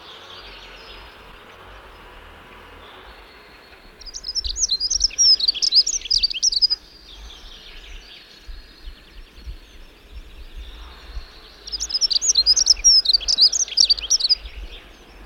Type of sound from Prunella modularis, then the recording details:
song. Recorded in the wild. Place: Sibiu, Transilvania, RO. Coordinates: 45.803, 24.145. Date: 1976-05-20 08:35. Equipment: Nagra III BH, Sennheiser MD 21, parabola. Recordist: Schubert, Michael. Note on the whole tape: Gesang Heckenbraunelle (Motorengeräusch)